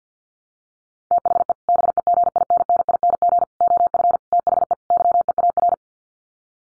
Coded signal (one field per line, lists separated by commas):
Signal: Morse code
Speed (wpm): 50 wpm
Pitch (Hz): 700 Hz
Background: none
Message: THE BEGINNING OF THE YEAR